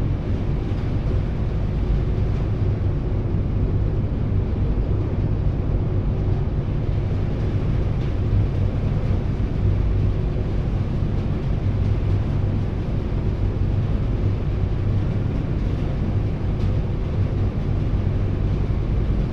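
A ferry's passenger deck, filled with a steady, dense low rumble of engines and churning that holds constant throughout. Faint scattered clicks and knocks sit above the drone, with no clear voices or distinct events standing out.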